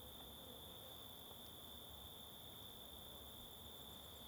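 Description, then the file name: Cricket trill, a steady unbroken high tone held throughout, set against soft continuous background hiss. Constant cricket in woodland ambience on a waterfall trail. "Trilha da Cachoeira Simao Correa com Moscas e Grilo Constante"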